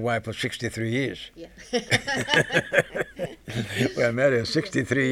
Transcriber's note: they laugh